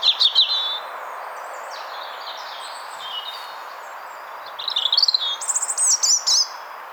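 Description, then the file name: European robin song: an opening warble, soft thin whistles, then a brisk tumbling run of high notes and piercing whistled ends. "Erithacus rubecula"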